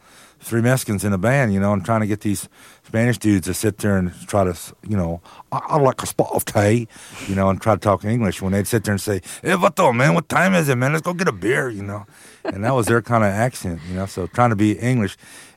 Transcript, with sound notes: three Mexicans in a band, you know? And trying to get these Spanish dudes to sit there and try to, you know, (imitating English accent) I'd like a spot of tea, you know, and try to talk to English, when they'd sit there and say, (imitating Mexican accent) Hey, vato, man, what time is it, man? Let's go get a beer, you know?
(Laughter).
And that was their kind of accent, you know? So trying to be English,